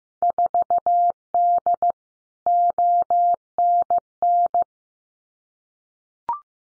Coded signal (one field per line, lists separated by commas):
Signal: Morse code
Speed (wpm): 15 wpm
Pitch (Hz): 700 Hz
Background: none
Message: 4D ONN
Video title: Field Day Exchange Encore 15wpm